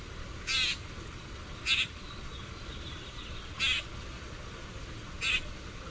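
Common grackle uttering four brief, coarse chack notes, irregularly spaced across six seconds, against a quiet low-frequency background noise.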